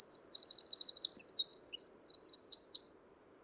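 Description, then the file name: Eurasian wren song: an energetic high trill, brief twittering, then a series of looping, rolling notes before falling silent. "Troglodytes troglodytes"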